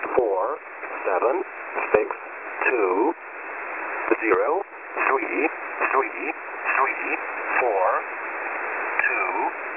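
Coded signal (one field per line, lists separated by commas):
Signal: numbers station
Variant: E07a English Man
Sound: male voice reading short, evenly spaced words through hissy shortwave radio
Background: radio static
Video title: E07a English Man 11153kHz 0800 UTC 05/09/2020 - 99 Group Message!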